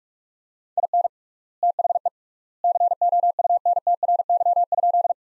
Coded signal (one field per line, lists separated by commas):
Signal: Morse code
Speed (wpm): 44 wpm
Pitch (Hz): 700 Hz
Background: none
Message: IN THE COUNTRY?